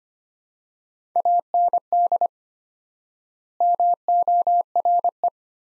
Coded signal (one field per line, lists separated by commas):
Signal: Morse code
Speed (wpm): 25 wpm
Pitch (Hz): 700 Hz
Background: none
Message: AND MORE